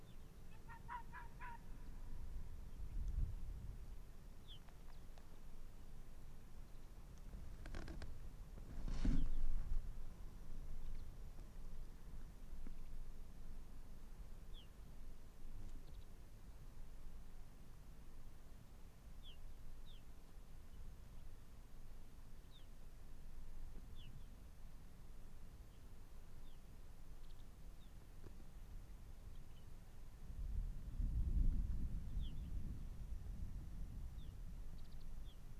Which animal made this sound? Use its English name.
Arctic Fox